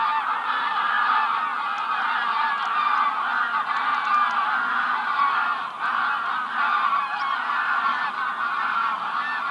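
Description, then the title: Goose: geese in a dense flock, honking continuously in overlapping nasal calls with no pause throughout. "gansos"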